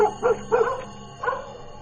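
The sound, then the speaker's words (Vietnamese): A trained pet dog barks in four short, broken bursts during heavy rain, each bark strained and choked-sounding, with uneven pauses between them over a low, steady background hum. “Con chó cứ sủa lên ầm ầm, nó cứ sủa từng đoạn dứt quãng, rồi âm thanh cứ như tắc nghẹn ở trong cổ họng.”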